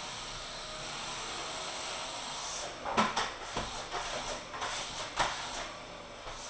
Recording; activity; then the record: daily activity, microphone in the room; vacuum cleaning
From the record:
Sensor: 5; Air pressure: 995.4 hPa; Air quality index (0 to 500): 81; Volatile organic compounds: 3 ppm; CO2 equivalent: 1495 ppm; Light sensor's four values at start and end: 35/86/35/36 and 35/86/34/35